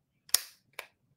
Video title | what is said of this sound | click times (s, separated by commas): Introduction To Guns: How a Gun Works (3/5) | I put the magazine in all the way until it clicks in place | 0.3 s